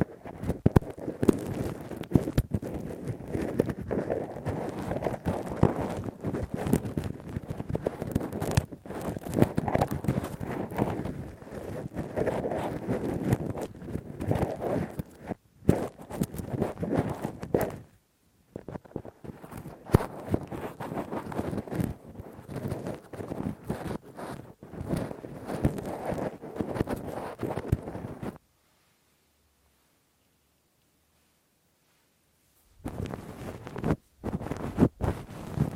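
Rough, dense scratching and rustling from deep ear cleaning with a Q-tip and ear pick, pausing briefly near 16 and 18 seconds, then silent until 33 seconds.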